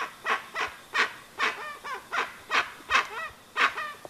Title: Pavanegra. Pava de Monte o Pava Oscura Cantando Sonido para Llamar